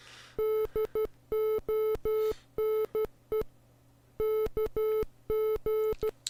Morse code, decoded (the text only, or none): DONE KG